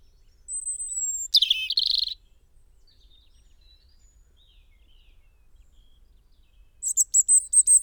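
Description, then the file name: European robin singing: a thin high whistle, then a fast jangling trill, a long pause, and a final burst of rapid high sparkling notes. "Erithacus rubecula"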